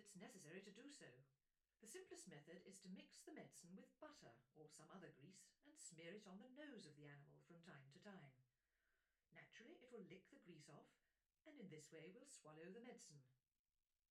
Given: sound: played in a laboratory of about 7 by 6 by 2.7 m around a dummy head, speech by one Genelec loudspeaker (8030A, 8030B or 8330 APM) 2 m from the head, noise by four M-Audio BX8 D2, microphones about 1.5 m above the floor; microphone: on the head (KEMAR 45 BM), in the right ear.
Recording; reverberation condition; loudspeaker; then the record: female speech in English; low; 90 degrees to the left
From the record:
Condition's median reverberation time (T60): about 310 ms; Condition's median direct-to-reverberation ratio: about 3.5 dB